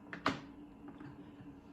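A plastic embroidery unit is pushed the last bit onto the free arm of a Brother SE625 sewing and embroidery machine, seating its electronic connector and latching with a light click at 0.1 s and a sharper, louder click at 0.3 s. A couple of faint knocks follow around 0.9 and 1.0 s over a low steady hum, and the unit is now seated.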